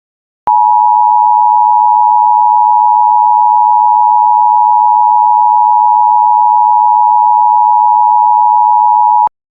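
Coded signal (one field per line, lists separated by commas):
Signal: Emergency Alert System (SAME) tones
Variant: 853 and 960 Hz attention tone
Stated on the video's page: Mock EAS tornado warning, not a real alert.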